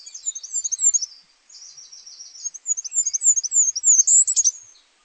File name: roitelet Huppé